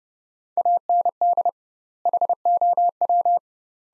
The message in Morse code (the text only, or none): AND HOW